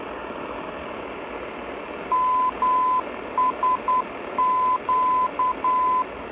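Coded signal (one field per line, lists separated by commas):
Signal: Morse code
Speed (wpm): 10 wpm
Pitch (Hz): 1010 Hz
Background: none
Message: MSQ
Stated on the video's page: Non-directional airport beacon on 351 kHz received on a Tecsun PL-990 longwave, comparing internal ferrite, external antenna, and antenna plus ground.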